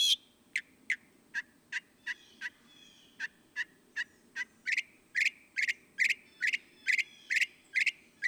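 Northern mockingbird singing a series of crisp, repeated high notes, first sharp clicks, then louder slurred chirps in steady rapid succession.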